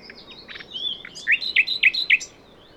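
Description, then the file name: Common nightingale song: assorted chips and whistles leading into a few loud sweeping notes in quick succession. "Luscinia megarhynchos"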